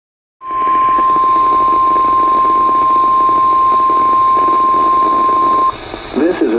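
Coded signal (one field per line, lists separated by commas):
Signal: Emergency Alert System (SAME) tones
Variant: 1050 Hz attention tone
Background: speech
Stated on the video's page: NOAA Weather Radio severe thunderstorm warning from transmitter WXK76, NWS Flagstaff.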